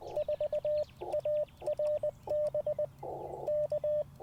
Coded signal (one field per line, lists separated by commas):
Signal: Morse code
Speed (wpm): 20 wpm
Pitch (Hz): 600 Hz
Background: none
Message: 4ARB K